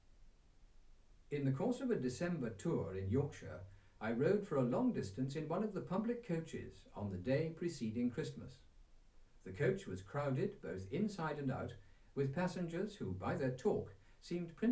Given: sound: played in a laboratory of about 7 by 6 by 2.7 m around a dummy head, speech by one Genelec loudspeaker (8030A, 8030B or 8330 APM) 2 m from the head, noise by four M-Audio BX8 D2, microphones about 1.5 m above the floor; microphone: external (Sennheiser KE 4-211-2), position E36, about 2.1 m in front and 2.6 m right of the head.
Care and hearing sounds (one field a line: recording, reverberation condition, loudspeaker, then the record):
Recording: male speech in English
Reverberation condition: low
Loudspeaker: 90 degrees to the left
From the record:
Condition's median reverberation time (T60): about 310 ms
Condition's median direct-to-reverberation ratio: about 3.5 dB